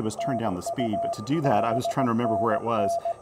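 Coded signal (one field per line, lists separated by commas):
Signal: Morse code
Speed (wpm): 19 wpm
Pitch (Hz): 690 Hz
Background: speech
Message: TU 5NN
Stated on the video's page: QRP POTA park activation with Ten-Tec Argonaut VI, BaMaKeY TP-III paddle, and Chelegance MC-750 portable vertical antenna.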